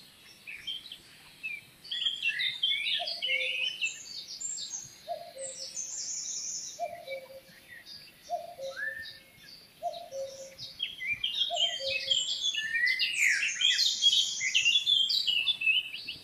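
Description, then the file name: Eurasian blackcap singing a chattering, scratchy warble of high notes, while a lower two-part note repeats about every second and a half. "Sylvia atricapilla"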